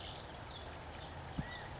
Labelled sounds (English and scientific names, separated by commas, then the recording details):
California Quail (Callipepla californica)
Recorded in Sonoma County, California